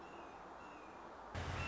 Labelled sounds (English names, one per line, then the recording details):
Red-shouldered Hawk
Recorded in Sonoma County, California